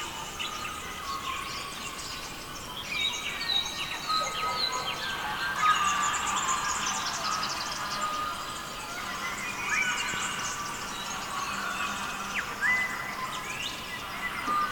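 Bird song from several birds: clear whistled notes, short rising chirps and trills overlapping continuously over a soft background hiss.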